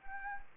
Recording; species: mosquito wingbeat signal from an infrared sensor; Anopheles arabiensis